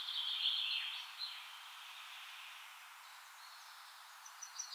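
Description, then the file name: Common chaffinch song: one brief, fairly quiet trilled phrase at the start, then soft hiss with faint high chirps. "Fringilla coelebs"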